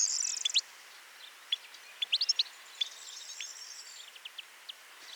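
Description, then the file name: European goldfinch giving liquid twittering calls, a fast burst of high chirps in the middle and more spaced notes later, over a soft background hiss. "Carduelis carduelis"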